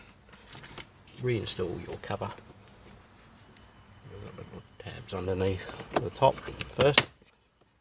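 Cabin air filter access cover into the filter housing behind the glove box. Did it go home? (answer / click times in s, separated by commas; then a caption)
no / none. A plastic cabin air filter access cover on a 2000–2006 Honda Civic is being refitted into the filter housing behind the glove box, its little tabs underneath the top going in first. Someone talks while soft handling sounds of the plastic are heard. Nothing has seated or clicked yet.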